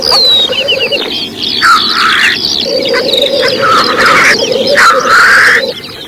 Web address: glo cietrze